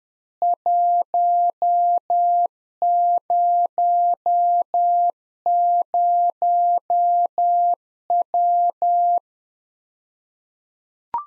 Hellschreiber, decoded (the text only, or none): none